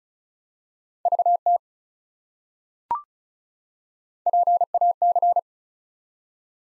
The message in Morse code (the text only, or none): VT PAC